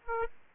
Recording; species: mosquito wingbeat signal from an infrared sensor; Aedes aegypti